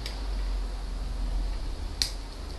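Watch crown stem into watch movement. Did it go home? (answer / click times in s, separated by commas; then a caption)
yes / 2.0 s. After switching to the correct, smaller crown, the crown and stem of a Vostok Amphibia watch are pushed into the movement in its new steel case. A faint tick at 0.1 s is followed by a sharp, bright click at 2.0 s over a low steady hum, as the crown and stem seat in the movement.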